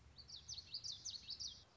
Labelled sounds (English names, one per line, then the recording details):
Common Yellowthroat
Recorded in Sonoma County, California